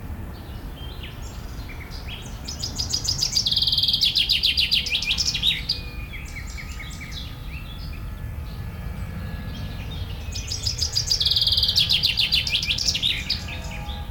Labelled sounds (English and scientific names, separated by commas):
Common Chaffinch (Fringilla coelebs)